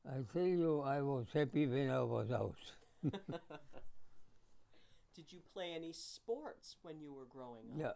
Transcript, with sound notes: I tell you, I was happy when I was out. [laughter]
Did you play any sports when you were growing up?